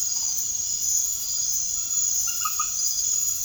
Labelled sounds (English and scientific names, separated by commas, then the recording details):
none
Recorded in secondary vegetation near Puerto Asís, Putumayo, Colombia, on 21 March 2025 at 22:30
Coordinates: 0.489, -76.322
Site G042